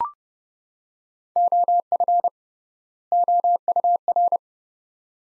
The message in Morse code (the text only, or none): OF OUR